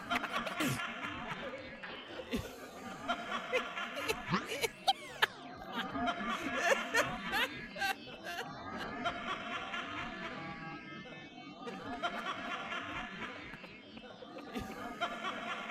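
Laughter fills a theatre crowd, with steady murmuring chatter, bursts of chuckling and snickers, and sharp clicks near two and five seconds.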